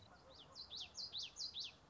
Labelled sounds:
Common Yellowthroat
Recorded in Sonoma County, California

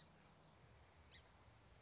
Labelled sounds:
Song Sparrow
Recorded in Sonoma County, California

